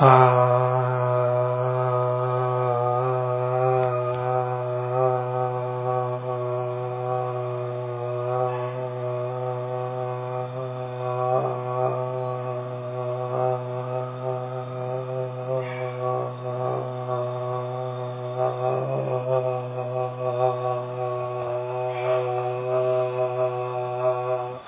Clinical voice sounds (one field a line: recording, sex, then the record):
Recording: sustained vowel /a/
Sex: male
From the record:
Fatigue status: no fatigue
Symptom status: asymptomatic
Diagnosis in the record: COVID-19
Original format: 3gp